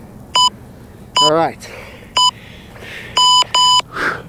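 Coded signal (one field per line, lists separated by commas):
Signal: none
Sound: interval timer beeps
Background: speech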